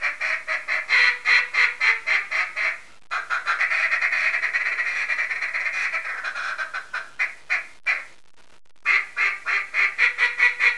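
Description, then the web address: Mallard quacking in long runs of harsh, nasal quacks, with a dense raspy stretch in the middle and brief pauses between series. "Duck 224-Mallard"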